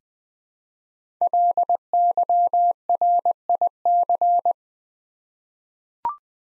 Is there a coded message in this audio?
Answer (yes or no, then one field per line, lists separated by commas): yes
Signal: Morse code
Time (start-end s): 1.2-4.5 s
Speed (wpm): 20 wpm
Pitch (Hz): 700 Hz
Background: none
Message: LYRIC